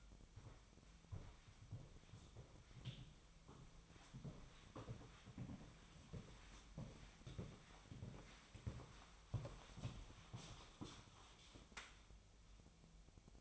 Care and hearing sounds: daily activity, microphone in the room; walk to room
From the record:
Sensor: 1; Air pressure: 1010.2 hPa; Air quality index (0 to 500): 180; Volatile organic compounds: 14 ppm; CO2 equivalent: 2476 ppm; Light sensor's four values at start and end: 37/95/39/48 and 31/81/32/40

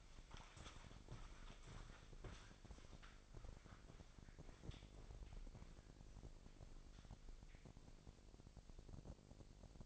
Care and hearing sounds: daily activity, microphone in the room; walk to room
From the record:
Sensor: 5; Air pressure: 999.5 hPa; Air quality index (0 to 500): 215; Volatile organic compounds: 18 ppm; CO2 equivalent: 2629 ppm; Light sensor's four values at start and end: 33/76/30/29 and 35/80/32/31

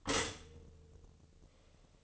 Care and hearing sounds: daily activity, microphone in the room; stop toaster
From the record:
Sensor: 4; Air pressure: 1007.8 hPa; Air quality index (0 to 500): 103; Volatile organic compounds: 1 ppm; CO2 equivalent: 766 ppm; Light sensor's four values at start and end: 9/20/8/8 and 9/21/8/8

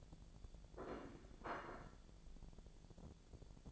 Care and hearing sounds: daily activity, microphone in the room; place plate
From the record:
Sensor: 5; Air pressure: 1000.3 hPa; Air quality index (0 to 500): 120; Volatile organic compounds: 1 ppm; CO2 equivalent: 954 ppm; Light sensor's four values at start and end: 96/226/96/105 and 96/226/96/105

